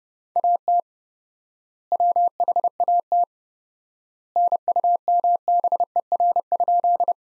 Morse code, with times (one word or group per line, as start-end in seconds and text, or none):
0.4-0.8 AT
1.9-3.2 WHAT
4.4-7.1 NUMBER?